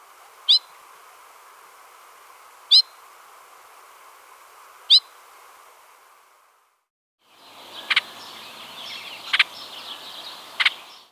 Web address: Thumbs Plus Zoo Field Guide Repository Sounds Hooded. Oriole